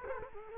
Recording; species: mosquito wingbeat signal from an infrared sensor; Culex quinquefasciatus